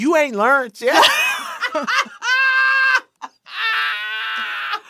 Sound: laughter

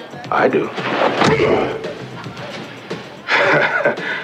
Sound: soundbite of thudding

